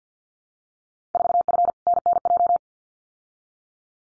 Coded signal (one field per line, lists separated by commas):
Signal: Morse code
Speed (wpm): 50 wpm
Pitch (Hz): 700 Hz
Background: none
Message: 4F NNJ